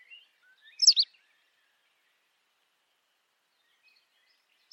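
White wagtail call: a single sharp, high two-part chip near one second, with faint thin twitters before it and a brief note at the very end; otherwise quiet.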